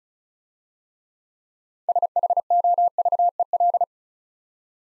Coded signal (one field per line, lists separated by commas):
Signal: Morse code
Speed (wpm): 40 wpm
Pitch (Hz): 700 Hz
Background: none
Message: SHOVEL